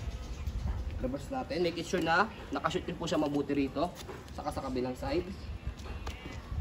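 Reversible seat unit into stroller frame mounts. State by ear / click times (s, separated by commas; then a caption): not seated / none. Someone talks while the reversible seat unit of a Masi-Cosi Street travel system stroller is reversed and guided down into its stroller frame mounts on one side and then the other. The seat is handled but has not seated or locked yet, and no click is heard.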